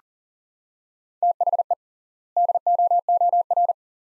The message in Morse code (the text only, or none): THE DOOR